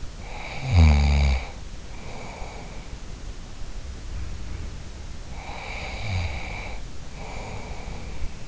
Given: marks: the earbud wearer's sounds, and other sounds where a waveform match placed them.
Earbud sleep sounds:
sounds in sleep by an in-ear microphone; snoring breath
0.19-3.02 s: snoring breath
5.27-8.48 s: snoring breath

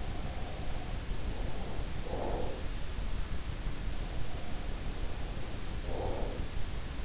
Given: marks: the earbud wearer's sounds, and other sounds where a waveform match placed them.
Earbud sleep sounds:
sounds in sleep by an in-ear microphone; breath
0.00-2.87 s: sound from someone else or the room
1.12-2.87 s: breath
3.64-6.83 s: sound from someone else or the room
5.01-6.83 s: breath

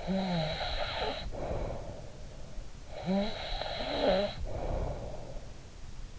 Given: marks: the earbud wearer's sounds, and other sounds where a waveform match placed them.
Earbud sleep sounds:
sounds in sleep by an in-ear microphone; snoring breath
0.00-2.11 s: snoring breath
2.76-5.53 s: snoring breath

